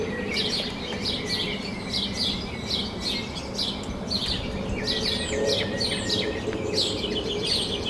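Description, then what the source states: Many birds twittering and chirping at once, short bright notes tumbling over each other without pause, above a faint steady hum. Recorded at sunrise from a balcony in Denton, Texas.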